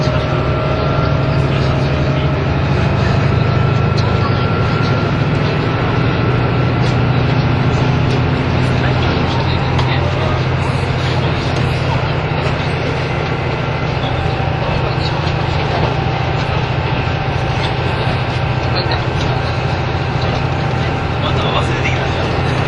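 On the ride from Nagoya to Toyama, a vehicle's deep, steady rumble runs throughout, with thin whining tones above and faint murmuring voices.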